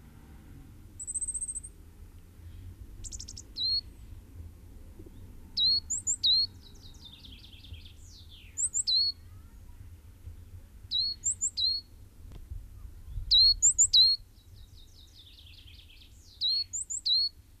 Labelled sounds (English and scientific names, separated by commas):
Coal Tit (Periparus ater) song